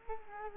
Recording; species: mosquito wingbeat signal from an infrared sensor; Culex quinquefasciatus